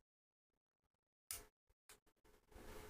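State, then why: Seated. One push button of a radio's mechanical switch bank is held down while another button is wiggled against the latch bar until it latches in. A few faint ticks come first, then a sharp click at 1.3 s as the button latches. Shorter clicks and rattling follow.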